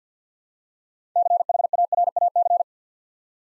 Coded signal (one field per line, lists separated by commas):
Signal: Morse code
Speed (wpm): 50 wpm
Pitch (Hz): 700 Hz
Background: none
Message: CHARAC